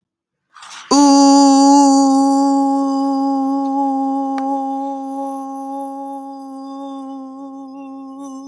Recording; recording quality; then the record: sustained vowel as in boot; excellent, no background noise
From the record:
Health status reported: healthy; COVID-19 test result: negative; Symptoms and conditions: none ticked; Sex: female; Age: 26 years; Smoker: not ticked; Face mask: not worn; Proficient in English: yes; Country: United States